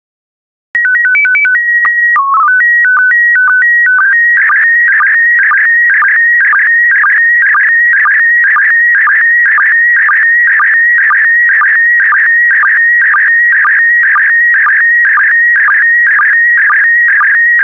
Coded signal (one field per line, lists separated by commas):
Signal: SSTV (slow-scan television)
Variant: PD 120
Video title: 12080 Underwater Reefs SSTV PD120